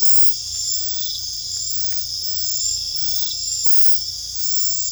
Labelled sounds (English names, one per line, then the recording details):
none
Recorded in secondary vegetation near Puerto Asís, Putumayo, Colombia, on 18 December 2024 at 21:00
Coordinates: 0.499, -76.323
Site G010